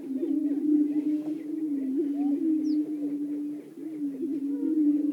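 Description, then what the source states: Greater prairie-chickens keep up a low booming drone with frequent short whoops; a single high descending note cuts in briefly. Several greater prairie-chickens calling.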